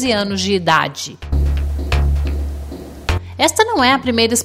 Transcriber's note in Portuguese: sobe som